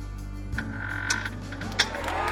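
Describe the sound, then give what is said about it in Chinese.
A door creaks open after its handle is turned all the way, with a thin, drawn-out squeal, punctuated by a few soft latch clicks over a steady low hum. “穆代笑，然后打开门。”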